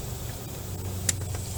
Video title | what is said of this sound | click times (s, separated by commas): Installing a new compressor in a Dodge Ram 1500 | slides right onto you here little click | 1.1 s